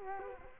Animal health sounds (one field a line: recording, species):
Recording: mosquito wingbeat signal from an infrared sensor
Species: Culex quinquefasciatus